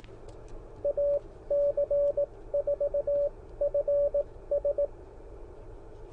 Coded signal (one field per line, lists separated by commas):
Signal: Morse code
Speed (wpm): 18 wpm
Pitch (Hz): 570 Hz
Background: radio noise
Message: AC4FS